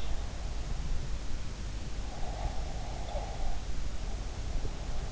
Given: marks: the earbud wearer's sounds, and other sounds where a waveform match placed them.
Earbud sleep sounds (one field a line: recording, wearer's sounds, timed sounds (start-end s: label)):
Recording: sounds in sleep by an in-ear microphone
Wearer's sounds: breath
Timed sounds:
2.15-3.55 s: breath